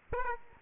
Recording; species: mosquito wingbeat signal from an infrared sensor; Aedes aegypti